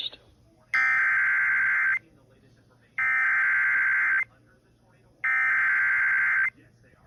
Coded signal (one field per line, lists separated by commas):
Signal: Emergency Alert System (SAME) tones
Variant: header bursts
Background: speech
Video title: SVR on WSOF-FM 89.9 (EAS #113)